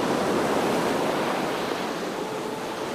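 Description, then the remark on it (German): Ocean waves wash onto a beach in a continuous, loud hissing roar that stays fairly even throughout and eases off slightly toward the end, with no voices. “Der Ozean ist wie ein Magnet.”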